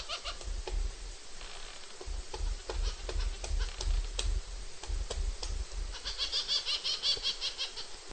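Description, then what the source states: Campephilus woodpecker foraging sounds: irregular sharp taps and knocks scattered through, with a burst of rapid high chattering notes near the end over low rumbling background noise. Campephilus woodpecker recorded while foraging.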